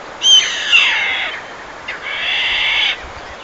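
Bird giving harsh, rasping screeches: a short sharp note, then a drawn-out grating call, a pause, and a second long buzzy screech.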